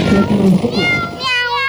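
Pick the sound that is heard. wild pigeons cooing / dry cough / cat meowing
cat meowing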